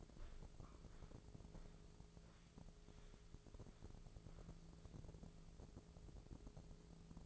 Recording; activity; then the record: daily activity, microphone in the room; walk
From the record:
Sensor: 5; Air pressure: 1005.6 hPa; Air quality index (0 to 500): 89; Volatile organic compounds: 2 ppm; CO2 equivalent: 1087 ppm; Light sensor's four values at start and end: 33/76/30/28 and 33/76/30/28